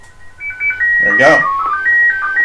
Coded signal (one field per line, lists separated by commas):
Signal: SSTV (slow-scan television)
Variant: PD 120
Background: speech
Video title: Shortwave Radio live show Friday April 13th 2018